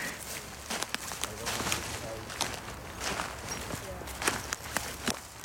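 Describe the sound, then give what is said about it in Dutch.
Footsteps crunch steadily over a leafy forest floor as people walk into a forest in Drenthe, at the edge of the Drentse Aa, during an NJN lichen camp: irregular brittle steps roughly every half second over a constant rustling hiss, with faint murmuring voices underneath. “We lopen nu het bos in.”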